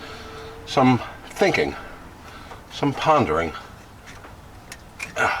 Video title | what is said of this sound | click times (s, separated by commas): Oscar The C10 Stepside: Episode 10 - Throttle Position Sensor - Driveability Issues | this one doesn't snap into it like the old one did okay | none